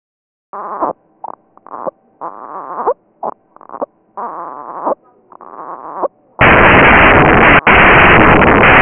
Grunting.